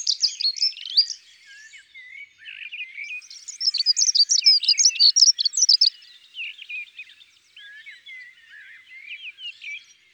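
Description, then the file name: Dunnock song: quick, jumbled high warbling phrases of squeaky trills, a few bursts with short gaps between, the last softer. "Accenteur mouchet ABC des chants doiseaux"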